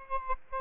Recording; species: mosquito wingbeat signal from an infrared sensor; Aedes albopictus